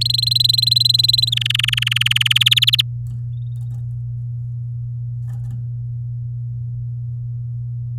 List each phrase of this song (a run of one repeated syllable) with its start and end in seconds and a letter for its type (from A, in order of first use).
0.01-1.30 A, 1.32-2.44 B, 2.46-2.81 C